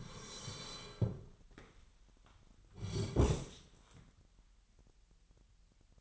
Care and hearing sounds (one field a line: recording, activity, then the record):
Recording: daily activity, microphone in the room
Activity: sit down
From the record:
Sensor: 3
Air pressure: 998.5 hPa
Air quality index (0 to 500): 127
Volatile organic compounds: 3 ppm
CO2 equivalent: 1522 ppm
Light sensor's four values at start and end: 9/21/9/10 and 9/21/9/9